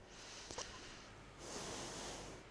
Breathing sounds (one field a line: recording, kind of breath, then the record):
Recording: one breath in and out by a microphone near the nose and mouth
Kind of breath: deep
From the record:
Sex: female